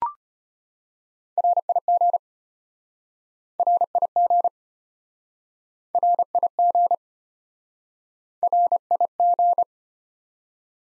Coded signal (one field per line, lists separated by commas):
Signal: Morse code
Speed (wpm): 33 wpm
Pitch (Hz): 700 Hz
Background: none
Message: RIG RIG RIG RIG